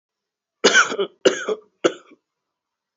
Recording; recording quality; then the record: shallow voluntary cough; excellent, no background noise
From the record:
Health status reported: healthy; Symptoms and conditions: diabetes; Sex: male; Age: 55 years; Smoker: not ticked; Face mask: not worn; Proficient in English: yes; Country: India